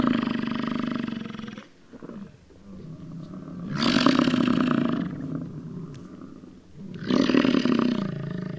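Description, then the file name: Animal roaring: three loud, rasping bursts, one at the start, one near four seconds and one near seven, with quieter sounds between them. "Acoustic Atlas"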